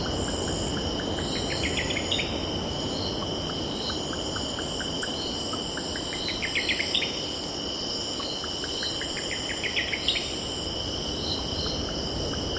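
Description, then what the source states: Cicadas hold an unbroken, piercing buzz throughout. Bird calls break in as rapid rising bursts of short notes every few seconds, while a broad wash of ocean noise fills the low range. Cicadas stridulating, with birds calling and distant ocean in the background.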